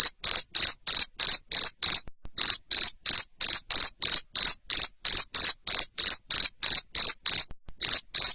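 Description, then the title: Cricket chirps, loud and shrill, repeated rapidly in a steady pattern with two short interruptions. Loud cricket chirping used to stimulate lovebirds into continuous singing. "Suara JANGKRIK NGERIK Keras Bikin LOVEBIRD Jadi NGEKEK Terus Vubey"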